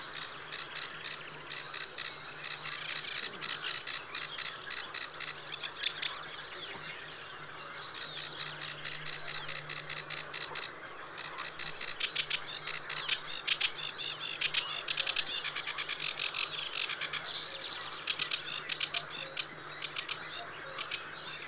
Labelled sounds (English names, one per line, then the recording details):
Sedge Warbler song
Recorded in the wild
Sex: male
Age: adult
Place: Teerofenbrücke, Nationalpark Unteres Odertal, Brandenburg, DE
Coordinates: 53.1336, 14.3503
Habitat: riverine vegetation
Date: 2001-05-05
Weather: overcast, ca. 10°C, leight winds
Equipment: Sony TCD-D7, Telinga Pro 5
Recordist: Frommolt, Karl-Heinz